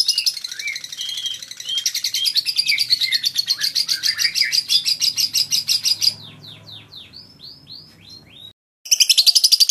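Lovebird chatter of rapid shrill chirps, broken near the six-second mark by several separate downslurred squeaks, then a pause before the chattering returns.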